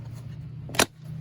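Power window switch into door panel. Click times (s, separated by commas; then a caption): 0.8 s. A replacement power window switch for a stuck window on a 2002 Ford Escape XLT is pressed by hand into its plastic opening in the door panel over a steady low hum. A faint tick at 0.7 s is followed by one sharp, bright snap at 0.8 s as the retaining tabs click home and the switch seats.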